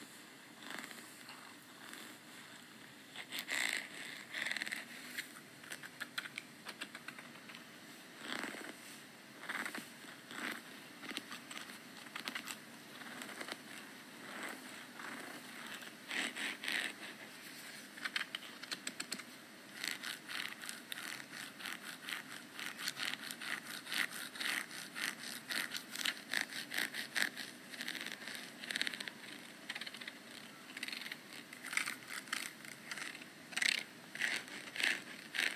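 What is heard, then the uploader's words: Scratching goes on throughout, a dense run of short, dry, bright strokes coming in quick irregular bursts. It starts sparse and quiet for the first few seconds, then grows busier and louder from around fifteen seconds on, over a faint steady low hum. Asmr - scratching. Usei um pente púrpura para fazer esse asmr. O som me lembra o ronronar de um gatinho.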